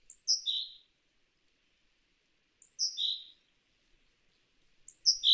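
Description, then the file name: Great tit: short high descending three-note phrases, repeated about every two and a half seconds, in otherwise quiet surroundings. "Parus major"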